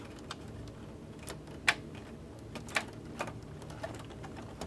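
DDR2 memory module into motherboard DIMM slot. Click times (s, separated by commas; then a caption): 1.7 s. The other end of a DDR2 memory module is pushed down into a motherboard DIMM slot in a Dell Dimension 5150, and the second retaining clip snaps in with a sharp click at 1.7 s. A softer tick follows at 2.8 s, with faint ticks and light handling noise over a quiet background. The module is seated.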